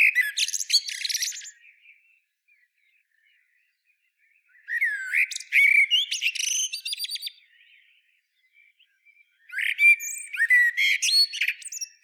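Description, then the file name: Common blackbird song: three phrases of mellow warbles and high squeaky twitters, separated by quiet gaps. "Turdus merula"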